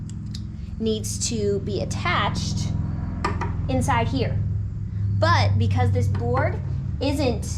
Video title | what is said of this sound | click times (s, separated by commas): FURNITURE MAKEOVER - China Cabinet Flip, DIY Shaker Cabinets, and more!! | And then this part of the hinge, it actually unclips. | 0.4 s